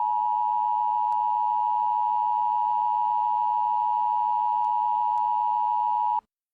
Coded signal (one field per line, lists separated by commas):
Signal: Emergency Alert System (SAME) tones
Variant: 853 and 960 Hz attention tone